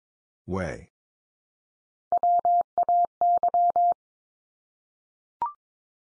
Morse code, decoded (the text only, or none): WAY